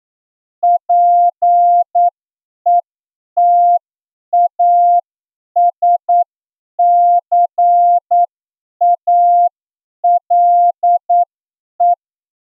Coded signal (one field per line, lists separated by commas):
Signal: Morse code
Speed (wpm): 9 wpm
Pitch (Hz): 700 Hz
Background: none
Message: PETASCALE